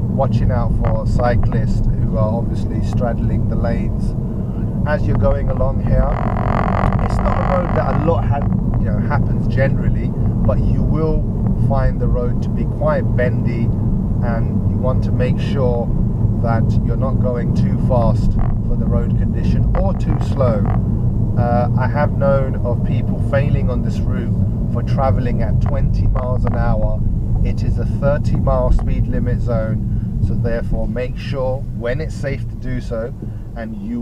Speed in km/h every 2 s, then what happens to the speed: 35, 35, 39, 40, 40, 40, 40, 39, 40, 37, 34, 31, 26, 23, 15, 8, 2.
0-16 steady at about 40. 16-34 slows to 2.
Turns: none.